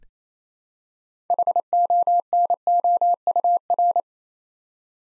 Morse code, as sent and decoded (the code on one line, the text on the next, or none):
.... --- -. --- ..- .-.
HONOUR